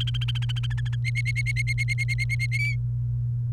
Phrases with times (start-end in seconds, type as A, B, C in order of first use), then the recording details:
0.00-0.95 A, 1.04-2.58 B, 2.59-2.75 C. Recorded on 29 April 2018 at 13:19. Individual llb3